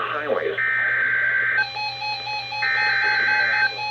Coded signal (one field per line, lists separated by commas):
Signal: Emergency Alert System (SAME) tones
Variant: header bursts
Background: speech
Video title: Severe Thunderstorm Warning for MY COUNTY on NOAA Weather Radio! November 24, 2020